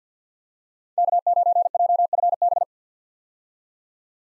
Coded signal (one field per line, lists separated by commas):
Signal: Morse code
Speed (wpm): 48 wpm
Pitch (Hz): 700 Hz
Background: none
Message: K9JFB